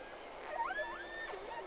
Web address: Sea Snake 10-3-06 Whales X 2 11-30 Round 1